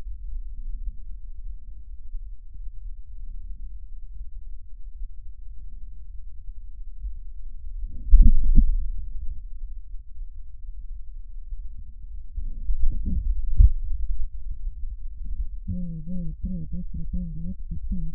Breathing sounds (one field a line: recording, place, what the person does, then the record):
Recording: lung sounds by stethoscope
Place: left posterior apical chest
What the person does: quiet breathing, then cough and speech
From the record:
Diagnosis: interstitial lung disease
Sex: female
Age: 70 years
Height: 160 cm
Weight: 93 kg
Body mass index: 36.3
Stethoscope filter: bell mode